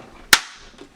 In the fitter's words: when you hear it snap you know it's all put together